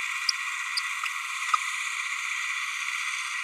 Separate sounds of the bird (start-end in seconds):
0.28-0.32